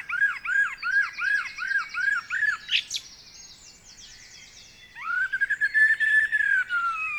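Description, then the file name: Common blackbird: a series of even arched notes repeated steadily, then a long sliding whistle with quick pulses. "Turdus merula"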